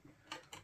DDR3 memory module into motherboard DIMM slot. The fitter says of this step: and we can have the satisfying or semi satisfying click